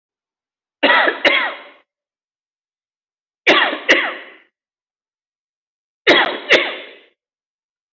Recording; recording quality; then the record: heavy voluntary cough; excellent, no background noise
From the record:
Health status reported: exposed to COVID-19, no respiratory illness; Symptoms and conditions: none ticked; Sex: male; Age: 42 years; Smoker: not ticked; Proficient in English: yes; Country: India